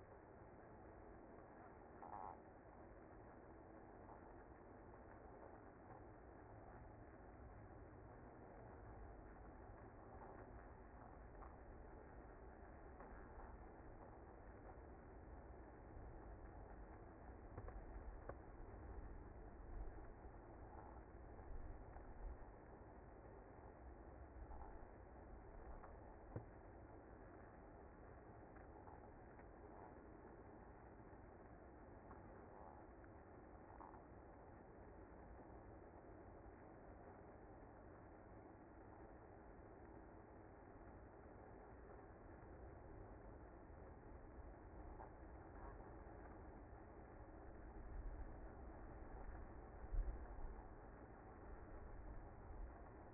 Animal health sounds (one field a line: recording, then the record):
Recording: honeybee colony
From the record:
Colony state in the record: active